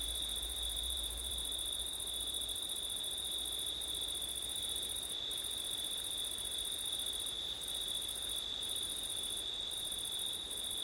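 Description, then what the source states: Continuous high cricket trilling, its upper shimmer dropping out briefly several times, with a low wind rumble in the opening seconds. Crickets singing on a September night in wind, recorded with an ORTF stereo setup.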